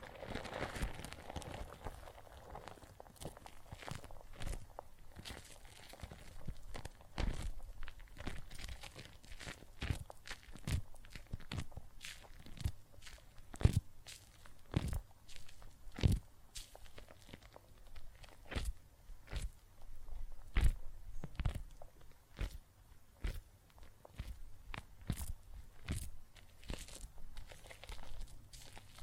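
Soap foam crackles and pops in irregular bursts of sharp, bright ticks over a faint low hiss, busiest in the first few seconds.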